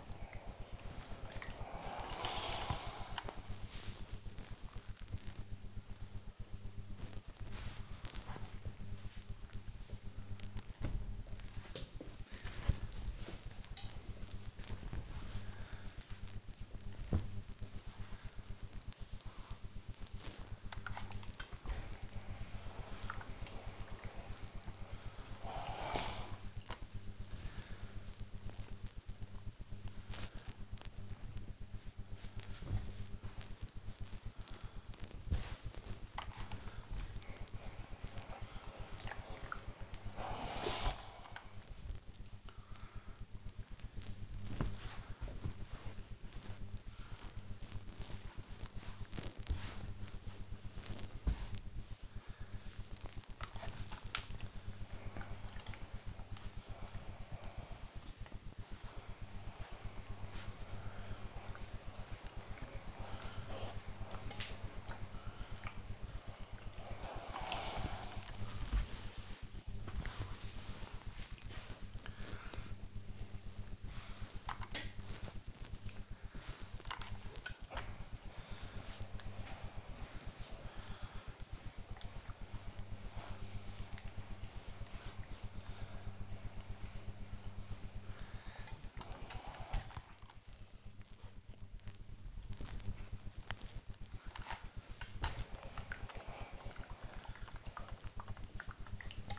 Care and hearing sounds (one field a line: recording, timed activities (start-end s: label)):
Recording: household activities, microphone on the right wrist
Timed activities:
0.00-10.31 s: ironing laundry
21.39-99.39 s: ironing laundry